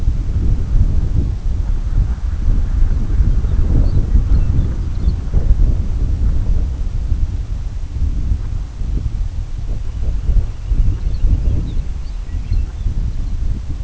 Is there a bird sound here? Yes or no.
yes